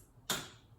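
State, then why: Seated. A black plastic curtain rod hook is slid down onto its adhesive-mounted plastic base on the wall. It clicks into place at 0.3 s with a single sharp, bright snap that decays quickly over a faint background. The hook is seated on the base.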